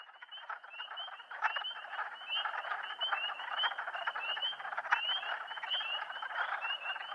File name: spring peepers